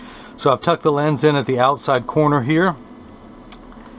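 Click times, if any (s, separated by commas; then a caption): 3.5 s. Someone talks while a prescription anti-glare lens is tucked into the outside corner of a plastic Ray-Ban 7017 frame, then pressed down at the nose side with the thumbs. A sharp snap at 3.5 s, followed by a couple of fainter ticks, marks the lens seating into the rim groove.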